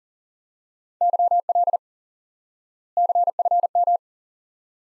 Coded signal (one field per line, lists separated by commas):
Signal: Morse code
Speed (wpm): 37 wpm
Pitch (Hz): 700 Hz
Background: none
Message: YL CFM